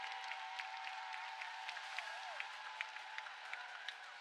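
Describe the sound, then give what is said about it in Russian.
A large audience at the Intervision music contest applauds steadily for Saudi Arabia, the next year's host country, a dense wash of many hands clapping at even loudness, with a faint sustained tone humming underneath and no one speaking. “Подарим аплодисменты стране, которая продолжит прекрасную музыкальную традицию Интервидения в следующем году.”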